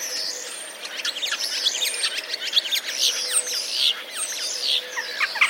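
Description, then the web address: Common starling song, a dense stream of quick chirps, clicks and short whistled notes, varied and overlapping. Starlings' song borrowing sparrow sounds (mimicry), recorded 10 April 2023. "wroblowe zapozyczenia szpaki 10 04 2023"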